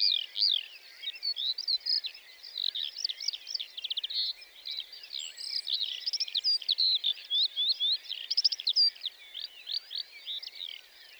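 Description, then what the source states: Lark song, an uninterrupted cascade of high, twittering and warbling notes with quick trills. Sings perched atop a bush before full daybreak, for about a quarter hour before flying off; Plateau de Lesches-en-Diois, 29 March 2020; Nagra Seven, stereo, cardioid MKH40.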